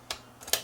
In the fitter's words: hook the door into the top and then just squeeze it shut and it'll snap in place